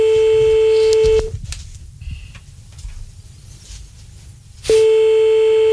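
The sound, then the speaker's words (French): A steady, buzzy telephone line tone sounds as a chosen number is called, cuts out for a few seconds of low muffled noise with a brief high beep, then returns just as loud. “J'ai mon téléphone, j'ai choisi un numéro. Attends, on y va, on y retombe.”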